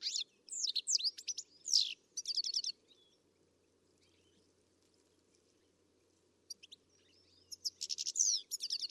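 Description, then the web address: Bird calls, rapid high chirps and trills for about three seconds, then near silence, then another burst of twittering at the end. "Deverinetal. Bird Only"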